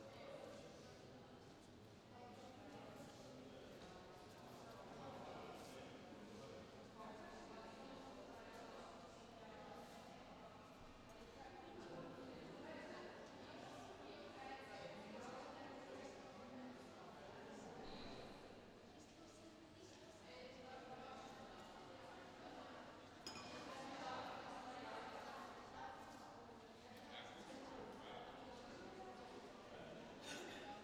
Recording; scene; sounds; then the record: everyday scene through a hearing-aid microphone; reverberant space; background noise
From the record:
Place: railway station hall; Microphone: in the ear canal, left